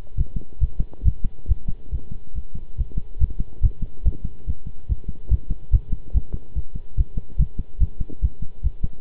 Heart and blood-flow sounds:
heart sounds by stethoscope; between the tricuspid and mitral areas; 142 bpm
0.17 s: heartbeat
0.61 s: heartbeat
1.05 s: heartbeat
1.49 s: heartbeat
1.92 s: heartbeat
2.35 s: heartbeat
2.78 s: heartbeat
3.20 s: heartbeat
3.63 s: heartbeat
4.05 s: heartbeat
4.47 s: heartbeat
4.89 s: heartbeat
5.31 s: heartbeat
5.72 s: heartbeat
6.14 s: heartbeat
6.55 s: heartbeat
6.97 s: heartbeat
7.39 s: heartbeat
7.80 s: heartbeat
8.22 s: heartbeat
8.63 s: heartbeat
From the record:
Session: pedaling a stationary bicycle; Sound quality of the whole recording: good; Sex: male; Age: 23 years

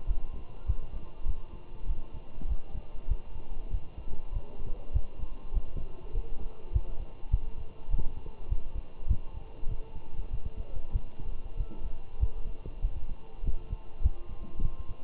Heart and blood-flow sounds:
heart sounds by stethoscope; between the tricuspid and mitral areas; 99 bpm
0.07 s: heartbeat
0.67 s: heartbeat
1.27 s: heartbeat
1.87 s: heartbeat
2.49 s: heartbeat
3.09 s: heartbeat
3.71 s: heartbeat
4.33 s: heartbeat
4.94 s: heartbeat
5.54 s: heartbeat
6.14 s: heartbeat
6.73 s: heartbeat
7.31 s: heartbeat
7.91 s: heartbeat
8.49 s: heartbeat
9.08 s: heartbeat
9.69 s: heartbeat
10.32 s: heartbeat
10.93 s: heartbeat
11.57 s: heartbeat
12.21 s: heartbeat
12.82 s: heartbeat
13.44 s: heartbeat
14.03 s: heartbeat
14.62 s: heartbeat
From the record:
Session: walking at 3.7 km/h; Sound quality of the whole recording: good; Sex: male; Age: 23 years

